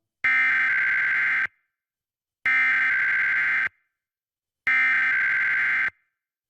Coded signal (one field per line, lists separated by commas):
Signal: Emergency Alert System (SAME) tones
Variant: header bursts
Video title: Pennsylvania RMT for November and December 2023 [EAS #1,141-1,155]